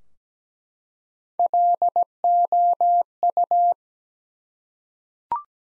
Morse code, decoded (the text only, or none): LOU